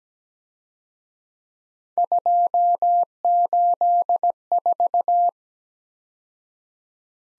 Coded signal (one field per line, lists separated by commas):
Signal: Morse code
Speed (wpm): 20 wpm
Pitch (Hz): 700 Hz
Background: none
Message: 284